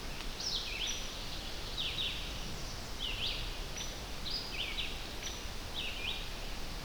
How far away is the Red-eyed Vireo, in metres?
about 65 m